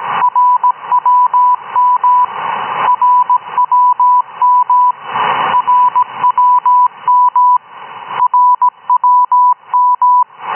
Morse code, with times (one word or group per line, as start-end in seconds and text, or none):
0.2-2.2 RWM
2.9-4.9 RWM
5.5-7.6 RWM
8.2-10.2 RWM